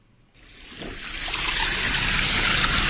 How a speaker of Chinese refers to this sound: 中午11点，在密云区西翁庄镇黑山寺村口前，清澈的小溪正缓缓流淌着。